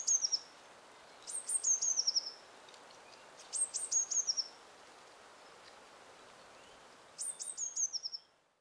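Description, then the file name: Eurasian blue tit sings four high, thin phrases, each a few sharp notes sliding into a quick descending trill, with steady background hiss. "Cyanistes caeruleus"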